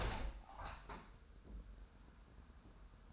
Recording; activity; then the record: daily activity, microphone in the room; open window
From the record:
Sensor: 2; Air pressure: 999.8 hPa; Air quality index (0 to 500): 227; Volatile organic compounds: 58 ppm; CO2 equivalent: 3392 ppm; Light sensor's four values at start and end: 8/19/8/8 and 8/20/8/8